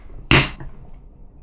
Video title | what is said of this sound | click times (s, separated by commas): I Built a GUCCI GLOCK and Here's What Happened | yep you hear that click and everything is seated as you can see the tracks didn't jump | 0.3 s